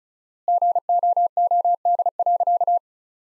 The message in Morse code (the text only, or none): GOOD.